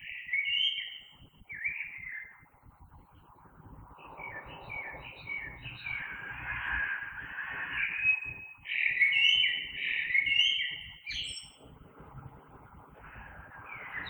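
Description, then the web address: Common blackbird song, a run of rich fluted phrases with squeaky high notes, over a soft low background hum. Recorded 3 March 2020. "oiseaux Merle 2020 03 03"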